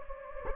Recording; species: mosquito wingbeat signal from an infrared sensor; Anopheles gambiae